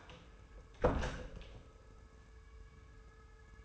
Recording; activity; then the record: daily activity, microphone in the room; close door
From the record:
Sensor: 2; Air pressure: 1015.0 hPa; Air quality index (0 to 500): 139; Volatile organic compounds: 5 ppm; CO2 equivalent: 1795 ppm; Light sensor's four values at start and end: 13/35/14/15 and 13/35/14/15